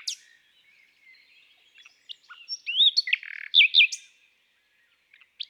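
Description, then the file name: Common nightingale song, a loose sequence of varied whistles, slurred notes and a short buzzy burst between quiet gaps. Woodland and forest birdsong. "Rossignol philomele Chants doiseaux des bois et des forets"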